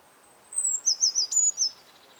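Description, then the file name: Eurasian blue tit song: a drawn-out high note sliding slightly down, then a quick series of short, high, slightly falling notes. "Cyanistes caeruleus"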